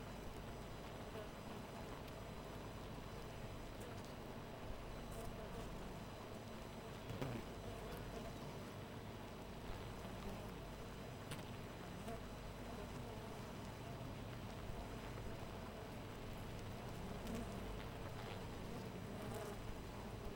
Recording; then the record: honeybee colony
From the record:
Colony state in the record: missing queen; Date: 14 July 2017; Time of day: 4:31